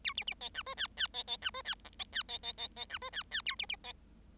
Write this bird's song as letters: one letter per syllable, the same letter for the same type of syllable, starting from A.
A B B C D E F F C C D E F G C F C C C C D E F F A B B C